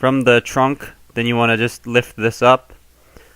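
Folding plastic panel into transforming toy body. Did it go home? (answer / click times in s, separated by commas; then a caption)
no / none. Someone talks while handling a plastic Transformers The Last Knight Berserker transforming robot toy, lifting its rear section up to fold it into the toy body. A faint brief tap is heard at about 3.2 s, but the panel has not clicked or seated yet.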